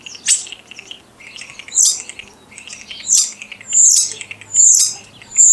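Common starling song of harsh hissing bursts with high squeaky whistles and clicks, repeated several times, separated by quieter rattling chatter.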